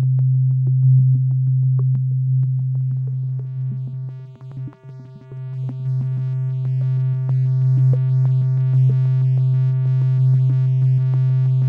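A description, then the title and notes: A steady low sine tone near 130 Hz hums throughout, briefly dipping around four seconds, while resonant effects add rising, brightening overtones later on. A simple sine wave of 130 hz undergoes a series of resonant effects. Filter Progression (The Assignment: Make music by processing a static sound).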